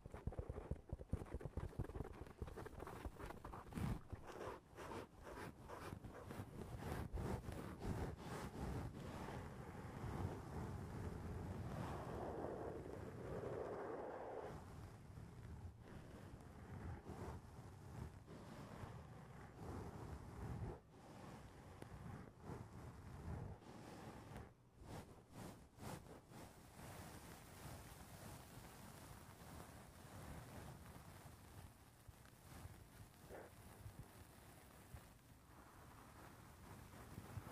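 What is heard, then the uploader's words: Tapping on a foam roof makes a dense, muffled patter of soft thuds, heaviest in the first half with quick bursts of strikes around 3 to 14 seconds. A low rumbling rush runs underneath throughout, and the taps thin out and soften toward the end. Tapping on the roof of your foam house.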